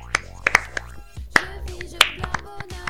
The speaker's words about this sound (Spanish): Muchas gracias. Aplausos.